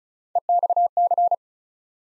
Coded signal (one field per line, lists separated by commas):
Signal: Morse code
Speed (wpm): 36 wpm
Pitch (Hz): 700 Hz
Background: none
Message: EXC